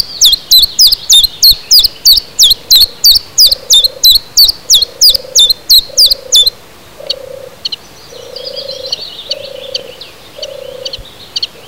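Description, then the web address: Common chiffchaff song: a steady run of sharp, high notes, roughly three per second, for about six seconds, then softer twittering. Recorded in spring 2010. "jaro 2010 budnicek mensi"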